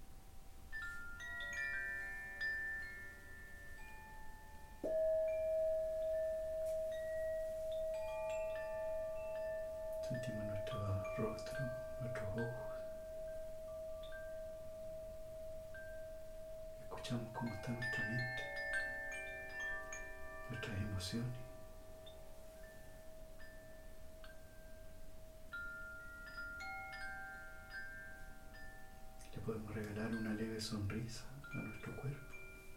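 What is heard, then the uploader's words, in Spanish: A singing bowl session: a bowl is struck near five seconds and its clear mid-pitched tone rings steadily for almost twenty seconds. Short bursts of a low voice come around ten, seventeen, twenty and thirty seconds, while bright chime-like tones sparkle faintly throughout. Sesion de cuencoa para armonizar cuerpo, mente y alma.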